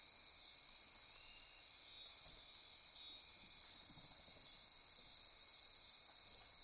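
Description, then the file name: Dense insect chorus, shrill steady ringing with a fainter lower trilling band running underneath. Insect chorus recorded at midnight near Corcovado. "Wind-is-the-Original-Radio-Fridays 20240628 Andy-Martin Midnight-Insect-Chorus-Near-Corcovado"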